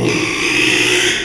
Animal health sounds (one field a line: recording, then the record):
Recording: squeal of a Yucatan mini pig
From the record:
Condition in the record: after surgery on the right vocal fold (resection and tissue-engineered implant)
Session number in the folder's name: 1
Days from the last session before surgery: 6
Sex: male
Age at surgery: 12 weeks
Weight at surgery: 13 kg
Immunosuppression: cyclosporine, prednisolone